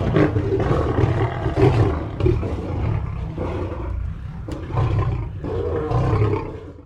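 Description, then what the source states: Lion growls, deep throaty rumbles in rhythmic pulses, rising and falling in waves, with one brief sharp click midway. Several lions growling softly together.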